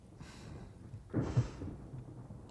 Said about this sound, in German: Ich glaube, ein Gewitter zieht auf. Ach, rück ein bisschen näher, ja? Wie es donnert.